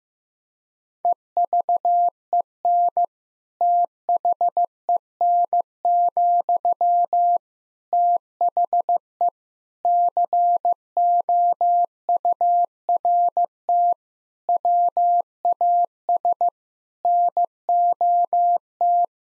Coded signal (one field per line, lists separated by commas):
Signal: Morse code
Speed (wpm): 15 wpm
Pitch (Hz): 700 Hz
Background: none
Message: EVEN THEN, THE COURT WAS NOT